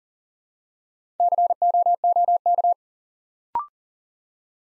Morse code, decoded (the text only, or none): COOK